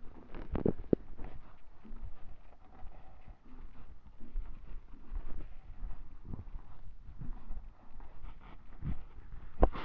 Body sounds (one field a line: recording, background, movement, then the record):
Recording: deep breathing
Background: quiet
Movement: walking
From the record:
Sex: female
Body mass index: 21.8 kg/m2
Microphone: on the chest, facing the body